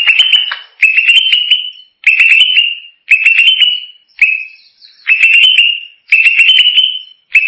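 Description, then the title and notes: Greater green leafbird song: loud whistled phrases, each opening with sharp clicks then a rising, slurred whistle, repeated about once a second. Described as a champion singing bird. "Kicau Burung Cucak Ijo Juara. Suara kicauan burung cucak ijo"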